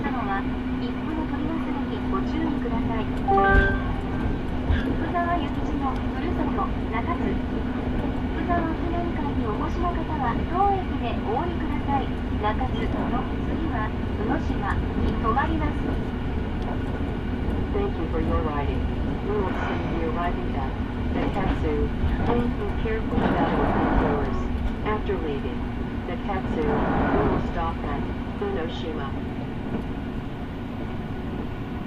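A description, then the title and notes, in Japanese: A steady train ride heard from inside the carriage, with a low constant hum, murmured voices throughout, and brief louder rattles near 24 and 27 seconds. 柳ヶ浦を出ると、中津、牛島、行橋の順に停車をしていきます。ようやく日ものぼってきました。耳で楽しむ鉄道旅。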